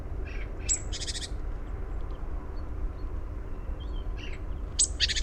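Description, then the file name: Great tit giving harsh, buzzy churring bursts, a few short phrases near the start and the end, over a steady low rumble. "Parus major"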